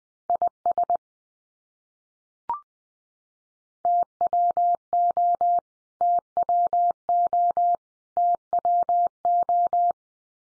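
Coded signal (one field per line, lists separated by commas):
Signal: Morse code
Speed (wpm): 20 wpm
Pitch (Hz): 700 Hz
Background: none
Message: IS TWO TWO TWO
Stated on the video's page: Head-copy drill of the 100 most common English words at 20 wpm, each word sent three times, then sent again.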